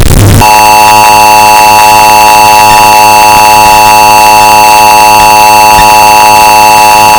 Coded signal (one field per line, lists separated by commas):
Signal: Emergency Alert System (SAME) tones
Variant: 853 and 960 Hz attention tone